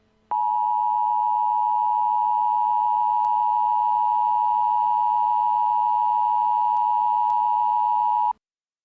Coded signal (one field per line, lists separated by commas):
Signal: Emergency Alert System (SAME) tones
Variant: 853 and 960 Hz attention tone